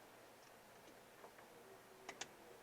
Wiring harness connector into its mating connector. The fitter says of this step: we're going to snap them together you can hear the click